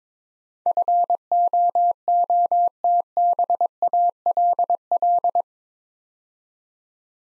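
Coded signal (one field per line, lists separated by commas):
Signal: Morse code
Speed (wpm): 23 wpm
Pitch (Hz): 700 Hz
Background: none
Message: FOOTBALL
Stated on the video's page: Morse practice drill, 22 wpm, building 8-letter words three letters at a time.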